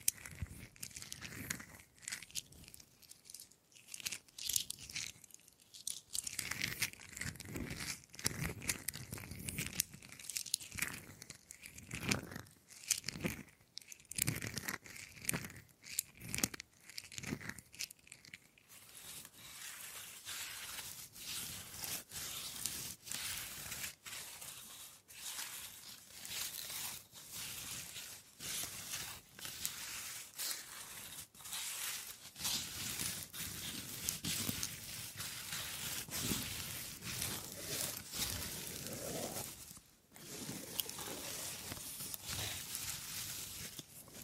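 Wood triggers: dense, crackly tapping and scratching on wood, with rapid irregular clicks filling the whole clip. For the first eighteen seconds the sounds come in choppier bursts with short gaps; after that they settle into a steadier, brighter rustling scratch that continues to the end.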